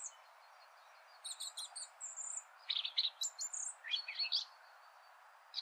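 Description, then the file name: Eurasian blackcap giving a single brief note, then after about a second short bursts of scratchy and clear whistled notes with brief pauses between phrases, stopping near 4.5 seconds apart from one last note near the end. "Sylvia atricapilla"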